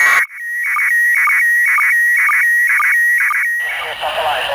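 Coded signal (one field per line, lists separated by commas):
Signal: SSTV (slow-scan television)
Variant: PD 120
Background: speech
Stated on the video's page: SSTV from the International Space Station received on 145.800 MHz FM over Europe.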